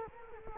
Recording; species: mosquito wingbeat signal from an infrared sensor; Culex quinquefasciatus